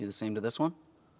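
Someone talks while handling the second (white) wire plug, getting ready to push it into its connector on the back of the airbag module of a 2000-2006 Chevrolet Tahoe, the same way as the pink one. The clip is mostly speech, then fades to quiet room noise. Nothing has seated or clicked yet.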